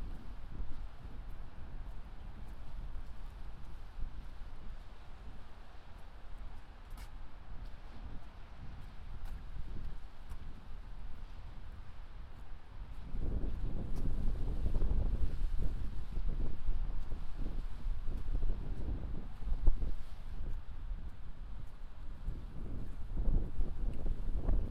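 A binaural field recording of a trip from Sunset Park to Harlem: a steady, deep rumble like a moving vehicle, with a thin hiss above. Around the thirteen-second mark the roar swells and stays louder, with faint clicks scattered throughout.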